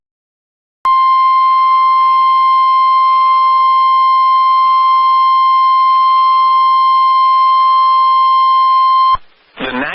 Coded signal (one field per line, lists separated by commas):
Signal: Emergency Alert System (SAME) tones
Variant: 1050 Hz attention tone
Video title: EAS #91-100 my 100th EAS Alert!, Severe thunderstorms in SE, SC, and EC Wisconsin